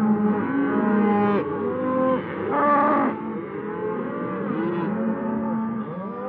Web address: vache beuglement de taureau